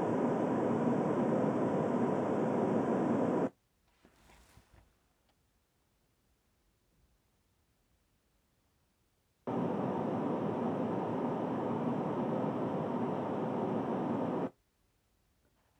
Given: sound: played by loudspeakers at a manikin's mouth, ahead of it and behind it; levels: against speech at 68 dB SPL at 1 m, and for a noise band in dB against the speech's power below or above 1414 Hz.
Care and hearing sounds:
test signals for a remote microphone
0.00-3.47 s: speech-spectrum noise from the mouth, facing ahead
9.47-14.47 s: speech-spectrum noise from the mouth, turned 45 degrees right
From the record:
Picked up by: measurement microphone

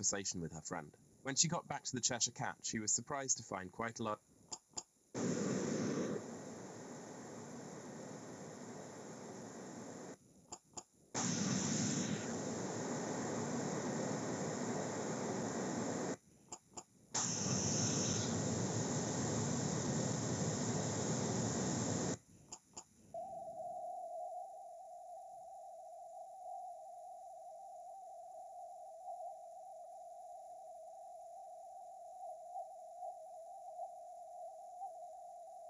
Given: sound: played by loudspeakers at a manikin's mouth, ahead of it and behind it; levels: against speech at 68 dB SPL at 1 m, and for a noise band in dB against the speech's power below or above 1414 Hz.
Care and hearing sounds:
test signals for a remote microphone
0.00-4.14 s: man speaking
4.51 s: click
4.76 s: click
5.14-10.14 s: speech-spectrum noise, -10 dB
10.51 s: click
10.76 s: click
11.14-16.14 s: speech-spectrum noise, 0 dB
16.51 s: click
16.76 s: click
17.14-22.14 s: speech-spectrum noise, +10 dB
22.51 s: click
22.76 s: click
23.14-35.70 s: noise band at 707 Hz, as loud as that band is in speech
From the record:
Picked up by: remote microphone A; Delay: 47 ms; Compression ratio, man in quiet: 8.14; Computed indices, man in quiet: SII 0.991, HASPI 1.000, HASQI 0.503 (non-linear 0.584, linear 0.862), ESTOI 0.841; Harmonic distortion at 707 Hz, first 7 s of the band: under -40 dB

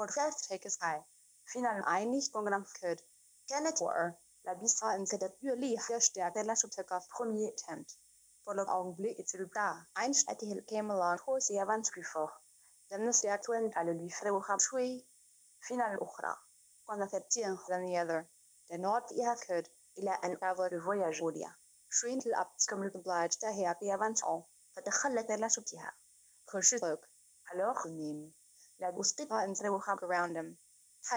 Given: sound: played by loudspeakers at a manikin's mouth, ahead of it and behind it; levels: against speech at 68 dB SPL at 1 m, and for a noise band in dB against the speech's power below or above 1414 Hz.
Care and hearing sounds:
test signals for a remote microphone
0.00-31.16 s: speech test signal (ISTS)
From the record:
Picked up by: remote microphone C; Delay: 23 ms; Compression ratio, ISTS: 1.61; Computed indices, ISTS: SII 0.995, HASPI 0.979, HASQI 0.323 (non-linear 0.389, linear 0.829), ESTOI 0.816

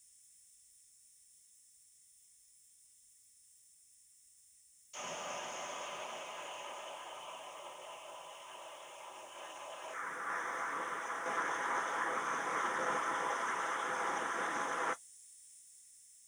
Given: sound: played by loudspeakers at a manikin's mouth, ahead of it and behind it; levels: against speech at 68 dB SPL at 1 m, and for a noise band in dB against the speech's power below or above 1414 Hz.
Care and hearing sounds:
test signals for a remote microphone
4.93-9.93 s: speech-spectrum noise from ahead, +10 dB
9.93-14.93 s: speech-spectrum noise from behind, +10 dB
From the record:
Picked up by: remote microphone C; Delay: 23 ms

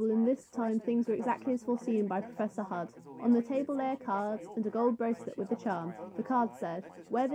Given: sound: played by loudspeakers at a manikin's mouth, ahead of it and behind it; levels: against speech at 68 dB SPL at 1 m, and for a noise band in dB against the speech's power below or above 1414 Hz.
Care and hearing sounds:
test signals for a remote microphone
0.00-7.35 s: woman speaking, babble ahead at +6 dB SNR for speech at 1 m
From the record:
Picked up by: measurement microphone

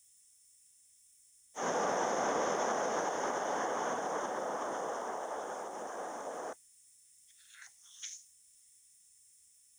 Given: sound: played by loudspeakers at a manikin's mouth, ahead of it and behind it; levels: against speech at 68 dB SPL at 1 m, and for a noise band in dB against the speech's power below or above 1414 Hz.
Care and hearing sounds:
test signals for a remote microphone
1.53-6.53 s: speech-spectrum noise from the mouth, facing ahead
From the record:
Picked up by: remote microphone B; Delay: 24 ms

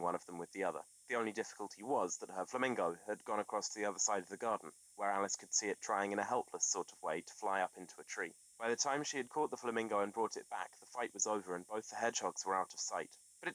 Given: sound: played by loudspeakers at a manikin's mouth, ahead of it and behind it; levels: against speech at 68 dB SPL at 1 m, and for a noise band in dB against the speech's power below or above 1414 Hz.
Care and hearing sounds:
test signals for a remote microphone
0.00-13.55 s: man speaking
From the record:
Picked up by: remote microphone D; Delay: 24 ms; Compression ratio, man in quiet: 1.31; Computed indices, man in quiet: SII 0.994, HASPI 0.998, HASQI 0.363 (non-linear 0.417, linear 0.872), ESTOI 0.824

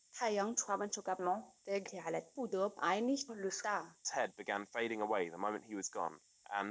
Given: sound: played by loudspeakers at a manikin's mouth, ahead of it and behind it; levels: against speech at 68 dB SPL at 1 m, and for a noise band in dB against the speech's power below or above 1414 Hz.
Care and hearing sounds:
test signals for a remote microphone
0.00-4.05 s: speech test signal (ISTS)
4.05-6.71 s: man speaking
From the record:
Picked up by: remote microphone D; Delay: 24 ms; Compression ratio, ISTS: 1.24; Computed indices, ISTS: SII 0.997, HASPI 0.990, HASQI 0.385 (non-linear 0.446, linear 0.863), ESTOI 0.888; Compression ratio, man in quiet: 1.31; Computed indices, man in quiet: SII 0.994, HASPI 0.998, HASQI 0.363 (non-linear 0.417, linear 0.872), ESTOI 0.824

